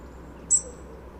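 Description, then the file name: European robin giving a single thin, very high note lasting about a tenth of a second, over a low steady background rumble. "Erithacus rubecula"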